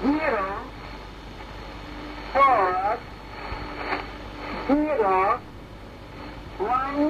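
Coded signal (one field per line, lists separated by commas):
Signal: numbers station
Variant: Magnetic Fields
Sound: four short spoken words spaced about two seconds apart over shortwave hiss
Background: radio static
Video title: The Conet Project 309 - Magnetic Fields (Different Voice)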